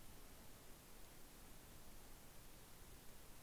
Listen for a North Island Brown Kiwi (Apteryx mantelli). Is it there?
no